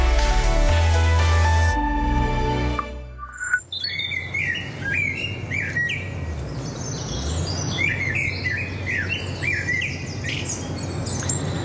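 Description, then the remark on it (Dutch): After a brief burst of music, blackbird, robin and woodpecker sounds take over: a steady run of bright, high chirps and warbled phrases repeating over a soft background hiss. “In haar opname horen we een trio van merel, roodborst en specht.”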